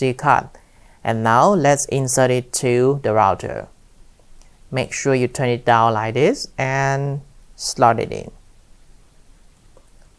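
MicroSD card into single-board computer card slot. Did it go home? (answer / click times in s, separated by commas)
no / none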